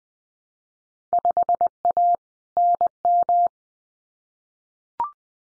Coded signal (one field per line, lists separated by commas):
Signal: Morse code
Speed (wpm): 20 wpm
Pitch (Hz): 700 Hz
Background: none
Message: 5A NM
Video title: Field Day Exchange 20wpm